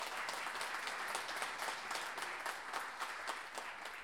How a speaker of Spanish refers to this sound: Un aplauso para ella.